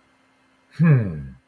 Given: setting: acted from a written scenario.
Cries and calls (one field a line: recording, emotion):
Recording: vocal sound without words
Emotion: pride